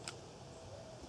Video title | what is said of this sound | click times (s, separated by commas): Bean Pick 2013 Bowtech Strykezone 380 | and then the rest of the way you pull with your shoulders and your arms and you kind of hear that click | 0.1 s